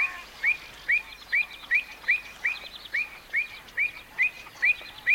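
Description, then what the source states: Avocet calling a regular string of bright, upward-inflected 'kluit' notes, a little more than twice a second. Song of a wading bird.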